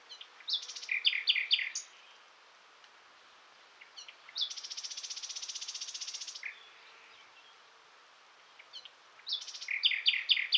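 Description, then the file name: Common nightingale song with a burst of repeated ringing notes, a long two-second harsh buzzing trill after a pause, then another run of rapid repeated whistled notes. "Luscinia megarhynchos"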